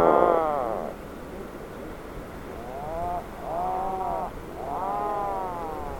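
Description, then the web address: Atlantic puffin calls: a loud opening call, then three drawn-out, arched, moaning calls with rich harmonics, each about a second long, over a low steady background rumble. "sound Atlantic-puffin. دانلود-صدای-پرنده-پافین-اطلس"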